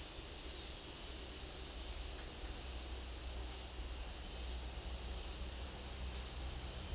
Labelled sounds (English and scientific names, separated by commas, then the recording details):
none
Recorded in dense forest near Puerto Asís, Putumayo, Colombia, on 20 February 2024 at 10:00
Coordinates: 0.496, -76.326
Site G6383